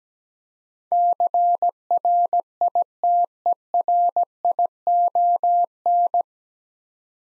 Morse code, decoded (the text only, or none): CRITERION